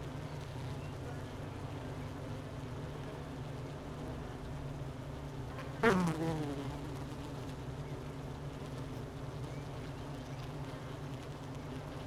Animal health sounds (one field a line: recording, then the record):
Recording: honeybee colony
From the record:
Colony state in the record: missing queen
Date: 31 May 2018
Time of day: 12:52